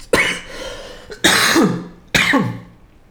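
Three harsh, voiced cough and throat-clearing bursts in about three seconds from an adult man whose throat is irritated during hay-fever season.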